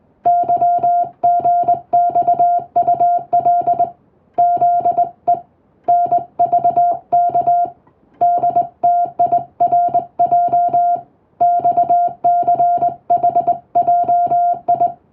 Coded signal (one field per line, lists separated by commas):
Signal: Morse code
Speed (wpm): 22 wpm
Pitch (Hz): 700 Hz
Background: music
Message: YGXUL ZE NVK DTIRJ XCHJI